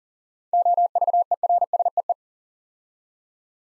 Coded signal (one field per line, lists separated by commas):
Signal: Morse code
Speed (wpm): 38 wpm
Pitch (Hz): 700 Hz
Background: none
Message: OVERSEE